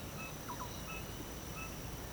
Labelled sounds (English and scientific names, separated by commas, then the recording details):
none
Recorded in pastures near Puerto Asís, Putumayo, Colombia, on 21 March 2025 at 06:00
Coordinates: 0.486, -76.323
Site G075